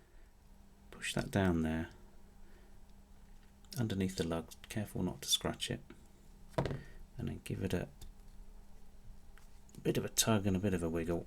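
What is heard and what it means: A rubber watch strap's spring bar is held compressed under the watch case lugs with the fork end of a Bergeon spring bar tool, then given a tug and a wiggle to line it up with the lug hole. Someone talks throughout, with a few faint, sharp handling ticks near the end. The spring bar has not yet seated or clicked into the lug hole.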